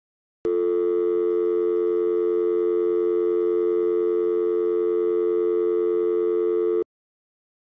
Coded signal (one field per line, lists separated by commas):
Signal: telephone call progress tone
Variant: North America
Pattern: dial tone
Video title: Cutest thing of Hayley LeBlanc: Hayley didn't know what a dial tone was. WATCH HER REACTION